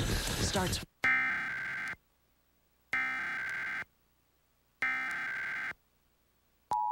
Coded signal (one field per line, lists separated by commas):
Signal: Emergency Alert System (SAME) tones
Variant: header bursts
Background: speech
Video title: WBOC Emergency Alert System - Required Monthly Test (January 26, 2022)